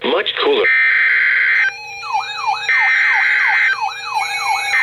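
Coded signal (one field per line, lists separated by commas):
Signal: Emergency Alert System (SAME) tones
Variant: header bursts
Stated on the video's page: Special marine warning heard on a Milwaukee weather radio station.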